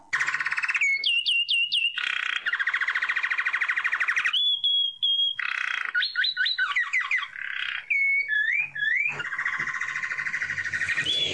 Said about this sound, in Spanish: El jilguero dorado que estamos escuchando es una de las aves más conocidas de la Argentina, a tal punto que es difícil salir al campo y no verlo.